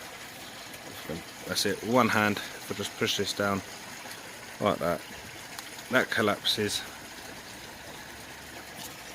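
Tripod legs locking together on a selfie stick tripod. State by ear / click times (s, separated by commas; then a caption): not seated / none. The legs of a plastic selfie-stick tripod are pushed down by hand and collapse while someone talks over a steady background hiss. The legs have not yet snapped or locked together, and nothing has seated or clicked by the end of the clip.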